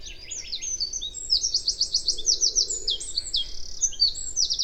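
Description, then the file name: Eurasian wren singing a dense stream of high, sharp notes and quick rattling trills, continuing throughout. "Troglodytes troglodytes"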